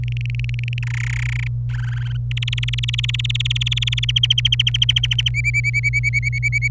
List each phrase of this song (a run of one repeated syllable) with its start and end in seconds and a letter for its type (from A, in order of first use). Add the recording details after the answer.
0.04-0.79 A, 0.83-1.48 B, 1.70-2.17 C, 2.31-4.05 D, 4.09-5.29 E, 5.34-6.68 F. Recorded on 26 April 2018 at 12:11. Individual llb3